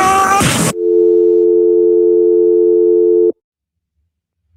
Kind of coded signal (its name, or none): telephone call progress tone